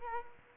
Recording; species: mosquito wingbeat signal from an infrared sensor; Culex quinquefasciatus